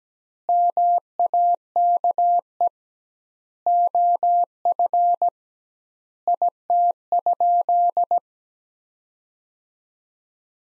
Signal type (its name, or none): Morse code